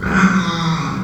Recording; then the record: squeal of a Yucatan mini pig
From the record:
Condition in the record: after surgery on the right vocal fold (resection and tissue-engineered implant); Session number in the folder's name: 15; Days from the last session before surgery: 175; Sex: female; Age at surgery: 19 weeks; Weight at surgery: 25 kg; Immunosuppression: prednisolone